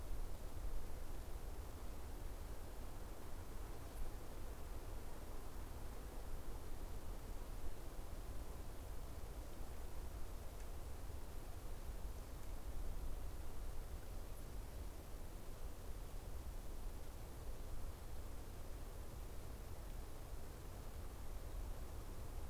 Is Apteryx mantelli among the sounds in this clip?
no